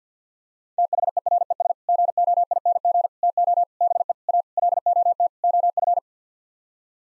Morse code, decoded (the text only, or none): THERES GOING TO BE A LOT OF